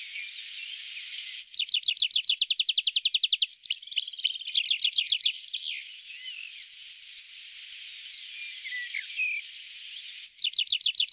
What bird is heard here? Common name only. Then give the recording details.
Tree Pipit. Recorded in the wild. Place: Kandel /Schwarzwald; Gemeinde Waldkirch, Baden-Württemberg, DE. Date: 1977-06-17. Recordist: Schwarz, Dieter